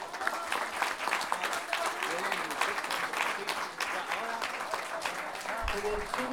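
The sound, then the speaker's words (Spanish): Steady applause from an audience at the final of a payadores' improvised-verse tournament, a dense patter of many hands clapping at an even level for several seconds, with faint voices mixed into the crowd noise. “Así que un aplauso por todo eso.”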